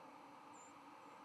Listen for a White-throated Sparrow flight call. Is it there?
yes